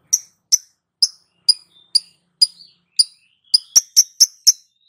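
Lovebird chirping: thin, sharp, high notes repeated about every half second, speeding up into a quicker cluster near the end.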